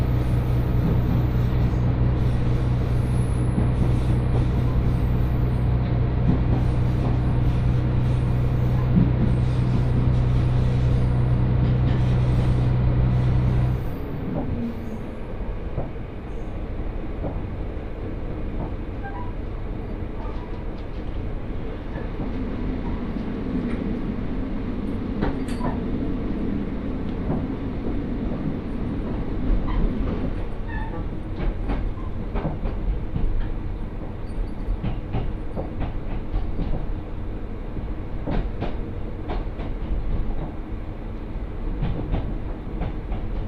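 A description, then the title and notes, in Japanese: A ride on the Mizushima Rinkai Railway, from Kurashiki to Mitsubishi Jiko-mae. For the first fourteen seconds a loud, steady engine hum drones with a low tone, then drops to a quieter rumble of the moving train, with a rising whine around 22–30 seconds and scattered clicks and rattles. 耳で楽しむ鉄道旅 水島臨海鉄道 倉敷市→三菱自工前。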